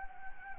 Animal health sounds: mosquito wingbeat signal from an infrared sensor; Anopheles gambiae

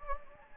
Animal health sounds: mosquito wingbeat signal from an infrared sensor; Anopheles gambiae

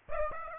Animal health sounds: mosquito wingbeat signal from an infrared sensor; Aedes aegypti

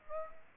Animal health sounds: mosquito wingbeat signal from an infrared sensor; Aedes aegypti

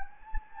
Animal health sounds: mosquito wingbeat signal from an infrared sensor; Anopheles gambiae

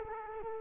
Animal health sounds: mosquito wingbeat signal from an infrared sensor; Culex quinquefasciatus

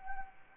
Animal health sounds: mosquito wingbeat signal from an infrared sensor; Anopheles arabiensis

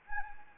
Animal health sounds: mosquito wingbeat signal from an infrared sensor; Anopheles gambiae

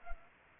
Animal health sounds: mosquito wingbeat signal from an infrared sensor; Culex pipiens

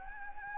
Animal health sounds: mosquito wingbeat signal from an infrared sensor; Anopheles gambiae

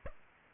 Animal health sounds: mosquito wingbeat signal from an infrared sensor; Aedes aegypti

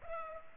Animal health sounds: mosquito wingbeat signal from an infrared sensor; Culex pipiens

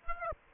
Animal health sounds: mosquito wingbeat signal from an infrared sensor; Aedes aegypti

